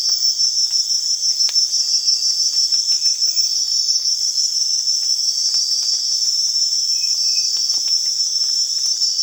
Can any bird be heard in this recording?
no